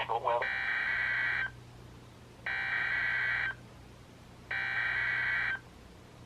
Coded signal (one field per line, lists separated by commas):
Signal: Emergency Alert System (SAME) tones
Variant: header bursts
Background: speech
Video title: EAS #43-#45: Marine Warning Trifecta | KHB36